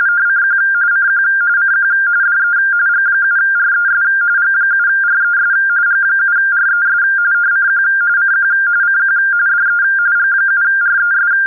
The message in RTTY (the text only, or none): CQ CQ CQ DE G7RES G7RES G7RES CQ CQ CQ DE G7RES